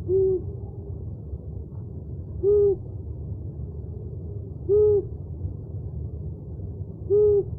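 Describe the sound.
Owl hooting: four brief, low, even hoots spaced a little over two seconds apart against a soft low hum.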